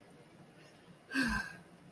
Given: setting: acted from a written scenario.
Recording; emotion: vocal sound without words; disappointment